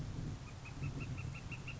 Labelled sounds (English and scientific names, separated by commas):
Northern Flicker (Colaptes auratus)